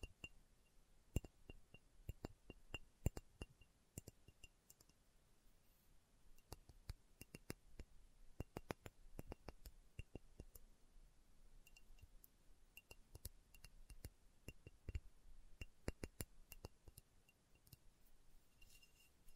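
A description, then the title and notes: Slow tapping in an ASMR style, with sharp, bright clicks and clinks like a fingertip or nail on glass. The taps come unevenly throughout, sometimes single, sometimes in quick clusters, over a soft, steady low hiss. ASMR Slow Tapping for Deep Sleep (No Talking).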